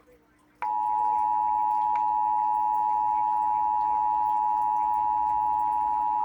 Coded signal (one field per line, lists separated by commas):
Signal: Emergency Alert System (SAME) tones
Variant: 853 and 960 Hz attention tone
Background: speech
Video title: KCBS 2 EAS Test 09/24/2024